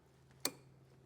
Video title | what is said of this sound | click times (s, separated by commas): How to Replace Oil Sending Unit on 2000-2006 GM Trucks & SUVs - Easy DIY Guide | push until you hear it snap. like that | 0.4 s